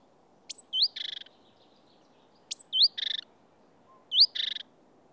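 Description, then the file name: Great tit calls: three phrases about every two seconds, each a twisting whistle and a short buzzy churr, the first two opening with a thin high note. "Parus major"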